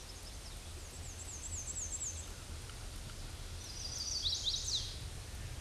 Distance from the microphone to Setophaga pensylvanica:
about 20 m